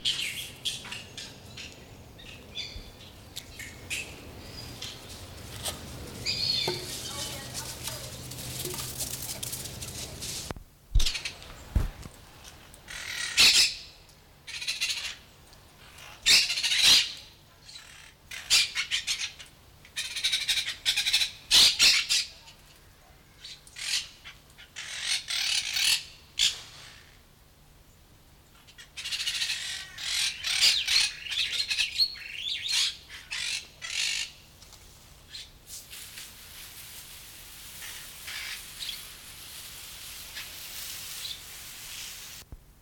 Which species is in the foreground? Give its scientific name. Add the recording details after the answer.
Myiopsitta monachus. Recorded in captivity. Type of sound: call, call sequence, screech. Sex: diverse. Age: diverse. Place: Tiergarten Nürnberg, Bayern, DE. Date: 1993-09-14 11:19. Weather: 12 °C, bedeckt. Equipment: Marantz CP 430, Sennheiser MKH 416 T, Kopie Uher Variocord 263. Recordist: Tembrock, Günter. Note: Laute in Gruppe